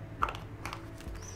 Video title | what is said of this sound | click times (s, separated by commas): USAF Flight Equipment: How to Wear (G-Suit, Harness, Helmet) - Combat Systems Officer VLOG - | one three clicks right there and | 0.2 s